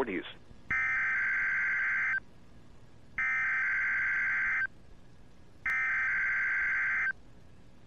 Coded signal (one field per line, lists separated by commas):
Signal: Emergency Alert System (SAME) tones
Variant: header bursts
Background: speech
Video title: WNG-536 NOAA Required Weekly Test Audio